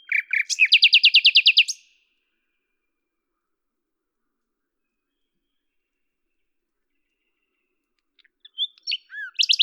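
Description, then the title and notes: Common nightingale song: a two-second phrase of rapid, evenly repeated loud notes, then a long silence before the next phrase begins with scattered notes. At Lavours, France, on 10 May 1998; Tascam DAP-1 with Télingua microphone, edited in Samplitude 5.1. "D83, 01350 Lavours, France - rossignol à LAVOURS. 10/05/1998 Tascam DAP-1 Micro Télingua"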